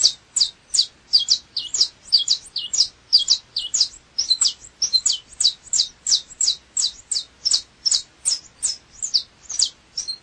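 Double-collared seedeater song of steady, high-pitched chirped notes delivered quickly and continuously, with slight variation in note shape throughout.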